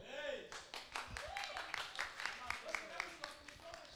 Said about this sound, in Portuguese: Essas palmas aí